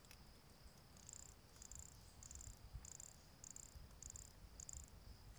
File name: MHNCI Brachycephalus sulfuratus near Jurupara dam 29 set 2016 MRBornschein